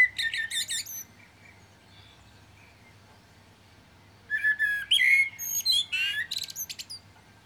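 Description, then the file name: Common blackbird song: high twittered end of one phrase, a quiet gap, then a fresh mellow whistled phrase closing with rapid squeaky chatter. "Turdus merula"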